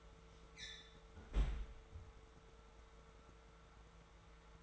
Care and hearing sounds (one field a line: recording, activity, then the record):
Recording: daily activity, microphone in the room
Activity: close fridge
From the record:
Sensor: 3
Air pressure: 1014.8 hPa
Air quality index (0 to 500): 198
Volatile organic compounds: 27 ppm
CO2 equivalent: 2888 ppm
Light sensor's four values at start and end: 25/63/27/28 and 32/80/34/36